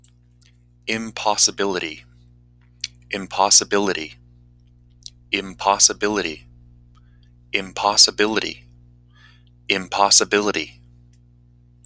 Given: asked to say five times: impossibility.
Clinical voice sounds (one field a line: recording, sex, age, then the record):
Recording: repeated word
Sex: male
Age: 30 to 39 years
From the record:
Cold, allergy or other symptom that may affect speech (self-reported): no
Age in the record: 30 years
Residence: Washington, United States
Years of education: 12